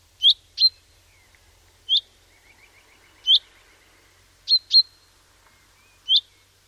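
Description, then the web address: Common chaffinch giving sharp, high, downslurred call notes, singly or in quick pairs, about every one to two seconds, with a faint soft trill from another bird midway. "Deverinetal"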